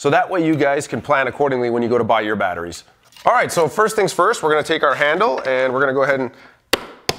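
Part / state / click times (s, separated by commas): carry handle into plastic ice fishing sonar bag base / seated / 6.7 s, 7.1 s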